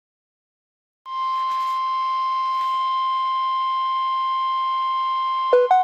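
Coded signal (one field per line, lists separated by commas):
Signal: Emergency Alert System (SAME) tones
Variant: 1050 Hz attention tone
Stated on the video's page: Real severe weather alerts with valid SAME headers.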